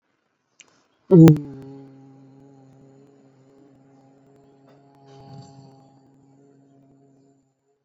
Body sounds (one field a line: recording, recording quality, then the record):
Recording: sustained vowel as in boot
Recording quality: excellent, no background noise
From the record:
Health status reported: COVID-19 positive, mild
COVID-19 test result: positive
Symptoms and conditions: none ticked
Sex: male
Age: 30 years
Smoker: not ticked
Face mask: worn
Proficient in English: yes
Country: India